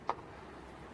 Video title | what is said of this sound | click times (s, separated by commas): Mitsubishi outlander 2.0 tdi oil change and sumframe clean | and you see these little pins that just click into place when you push it on and it just pushes over there it doesn't fall off | 0.1 s